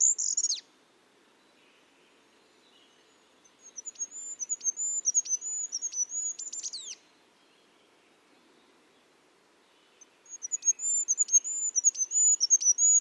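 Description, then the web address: Bird song: high, thin rippling phrases lasting a few seconds, separated by quiet gaps; one ends with quick downward notes. "cianscape. Deverinetal 2025. Bird Only"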